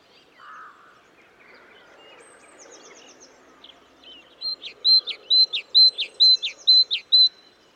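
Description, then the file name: Great tit song enters after quiet seconds of faint chirps and a high thin trill, then rings out as a run of sharp two-note phrases repeated evenly. "Parus major"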